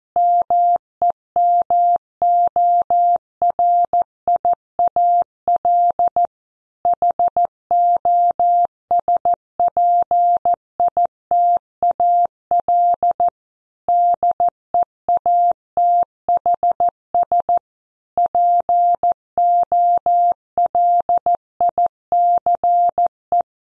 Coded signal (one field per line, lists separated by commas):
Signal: Morse code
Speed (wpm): 14 wpm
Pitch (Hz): 700 Hz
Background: none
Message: MEMORIAL HOSPITAL DEATHS POLICE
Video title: Morse Code copy practice